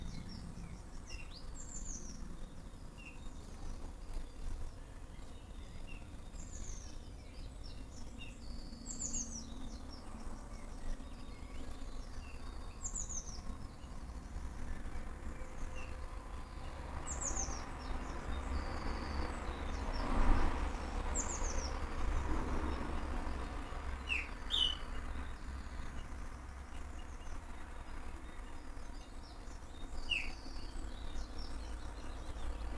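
Several birds call in a garden at early morning, short bright chirps every few seconds over a steady low rumble that swells around twenty seconds.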